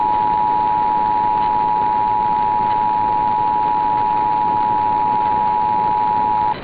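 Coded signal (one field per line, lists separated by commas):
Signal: Emergency Alert System (SAME) tones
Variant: 853 and 960 Hz attention tone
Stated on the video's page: Required Monthly Test received by local monitors, an FM radio station and a weather radio station.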